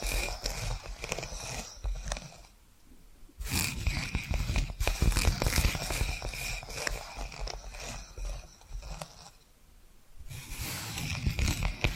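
Tapping and scratching sounds come in dense bursts of quick, crackly clicks, with a steady bright rasp running through them. Two short near-silent pauses break the activity, around the 2.5 and 9.5 second marks, before the scratching resumes just as busily.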